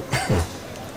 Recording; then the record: coughing mixed with background sound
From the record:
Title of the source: Dry Coughing Fit in the Afternoon.